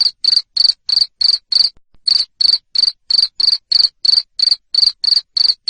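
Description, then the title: Cricket chirping steadily, high rasping pulses about three per second, interrupted by one brief pause partway through. Loud 'ngerik' cricket sound played to stimulate lovebirds to keep singing ('ngekek'). "Suara JANGKRIK NGERIK Keras Bikin LOVEBIRD Jadi NGEKEK Terus Vubey"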